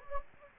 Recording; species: mosquito wingbeat signal from an infrared sensor; Anopheles gambiae